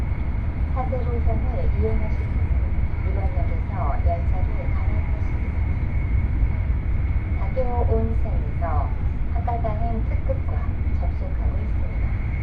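A Nishi-Kyushu Shinkansen ride from Nagasaki to Saga: a steady low rumble with a thin constant whine, and voices speaking in intermittent bursts throughout.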